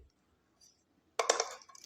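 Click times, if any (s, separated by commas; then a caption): none. A person opens an extension section of a plastic selfie stick with tripod and tightens it by hand to lock it in place. After near silence, a burst of sharp plastic rattles and clicks starts at about 1.2 s and fades by 1.6 s, followed by a few faint ticks near 1.8 s. Nothing has seated or clicked yet; the section lock fails to lock however tight it is made.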